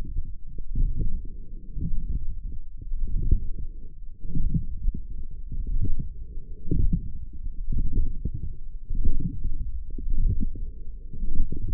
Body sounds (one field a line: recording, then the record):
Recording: forearm muscle sounds (acoustic myography)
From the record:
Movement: forearm pronation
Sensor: system 1, eight BSWA MPA416 microphones around the upper forearm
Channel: 8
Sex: male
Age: 42 years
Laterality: right